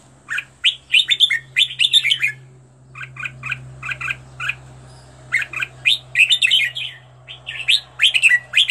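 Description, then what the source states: Red-whiskered bulbul giving quick chirpy phrases of slurred notes, a short lull, then a renewed run of varied whistles, over a steady low hum. Made for training bulbuls to sing, presenting 15 standard song styles.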